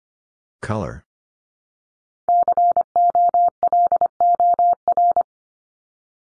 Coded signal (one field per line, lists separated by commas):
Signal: Morse code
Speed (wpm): 25 wpm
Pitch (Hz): 700 Hz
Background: none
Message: COLOR